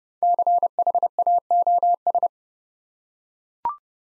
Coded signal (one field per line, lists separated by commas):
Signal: Morse code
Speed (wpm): 30 wpm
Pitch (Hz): 700 Hz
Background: none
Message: CHAOS